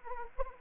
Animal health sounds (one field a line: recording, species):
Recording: mosquito wingbeat signal from an infrared sensor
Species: Anopheles arabiensis